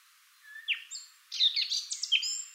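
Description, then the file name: Eurasian blackcap giving a short burst of song: a few thin notes, then a brief jumble of bright, scratchy warbled notes. "Sylvia atricapilla"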